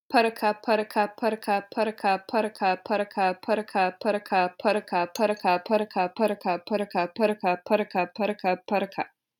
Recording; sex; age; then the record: repeated syllables /pa ta ka/; female; 20 to 29 years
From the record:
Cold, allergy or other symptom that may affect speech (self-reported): no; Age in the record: 28 years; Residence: New York, United States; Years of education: 18